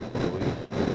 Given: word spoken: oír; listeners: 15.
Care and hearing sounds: one Spanish word in noise, from a listening test; noise modulated by three-talker babble; -6.9 dB; 2 of 15; 8 of 15; 0.55 s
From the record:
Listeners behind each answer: 8, 2, 1, 1, 1, 1, 1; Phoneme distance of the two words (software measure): 10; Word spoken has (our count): 2 syllables, 3 phonemes, stress on syllable 2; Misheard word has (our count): 1 syllable, 3 phonemes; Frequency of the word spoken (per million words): 39.16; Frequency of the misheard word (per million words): 18.34

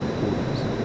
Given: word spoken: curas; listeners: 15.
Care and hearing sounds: one Spanish word in noise, from a listening test; speech-shaped noise; -5.6 dB; 1 of 15; 6 of 15; 0.45 s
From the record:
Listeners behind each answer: 6, 1, 1, 1, 1, 1, 1, 1, 1, 1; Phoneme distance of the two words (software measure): 17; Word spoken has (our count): 2 syllables, 5 phonemes, stress on syllable 1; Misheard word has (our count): 2 syllables, 4 phonemes, stress on syllable 1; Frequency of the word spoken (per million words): 8.58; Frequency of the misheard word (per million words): 298.67

